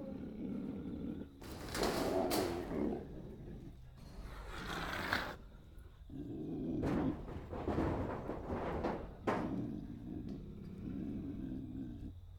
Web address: KMP Film Video Sound Effects - Piggs